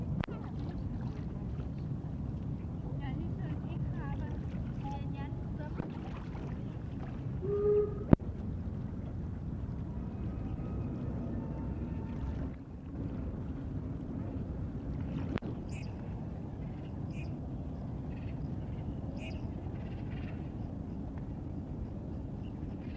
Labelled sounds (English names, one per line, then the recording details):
Red-crested Pochard call
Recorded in captivity
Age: adult
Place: Tierpark Berlin, Berlin, DE
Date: 1964-01-04
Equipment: R 20
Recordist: TSA
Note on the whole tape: Rufe